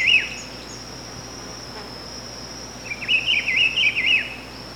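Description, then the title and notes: Rufous-browed Peppershrike song: a brief warbled fragment, then a fuller rolling, wavering phrase of about a second, set against a constant shrill insect tone. "Áudio do pio do pitiguari. Fonte: WikiAves"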